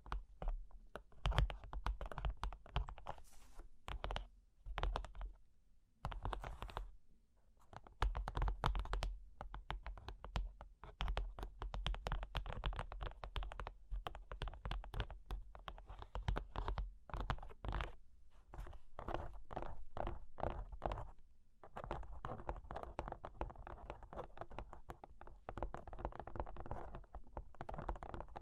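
Cork and wood are tapped, scratched and traced in dense, irregular bursts of small clicks and knocks, much like fast typing. Short pauses break the run near 4, 7 and 21 seconds, and the last stretch turns into softer, continuous scratching with fewer sharp taps.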